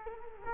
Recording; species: mosquito wingbeat signal from an infrared sensor; Culex quinquefasciatus